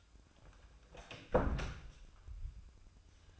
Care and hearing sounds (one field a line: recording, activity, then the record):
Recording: daily activity, microphone in the room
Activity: close door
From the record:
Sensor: 2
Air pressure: 1004.7 hPa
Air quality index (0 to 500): 73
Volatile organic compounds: 1 ppm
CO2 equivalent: 869 ppm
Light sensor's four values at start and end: 7/16/6/7 and 7/16/6/6